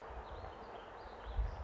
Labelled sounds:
Warbling Vireo
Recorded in Sonoma County, California

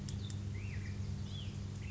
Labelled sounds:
Black-headed Grosbeak
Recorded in Sonoma County, California

